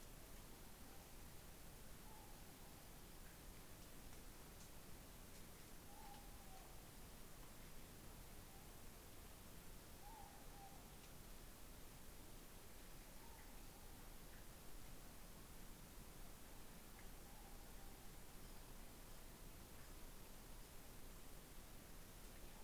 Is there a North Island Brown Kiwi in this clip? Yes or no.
no